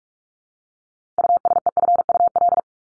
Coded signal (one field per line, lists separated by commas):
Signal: Morse code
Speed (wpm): 44 wpm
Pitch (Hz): 700 Hz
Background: none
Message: USEFUL